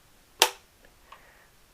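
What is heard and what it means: The built-in torque limiter in the knob of a quick-release mount holding a red dot optic onto a rifle rail snaps sharply at 0.4 s as the knob is tightened. The snap means the mount is tight enough. Two faint, softer clicks follow at about 0.9 s and 1.1 s.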